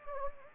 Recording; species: mosquito wingbeat signal from an infrared sensor; Anopheles gambiae